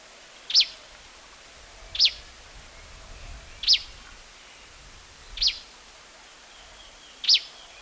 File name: plain backed sparrow